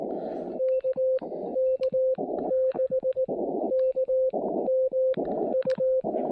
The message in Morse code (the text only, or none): KK6KMU